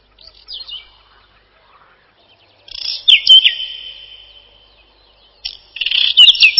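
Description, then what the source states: Whinchat song: a brief faint twitter, then after a pause a loud scratchy phrase trailing into a long ringing whistle, and another rapid scratchy phrase at the close. Song described as a short twittering trill.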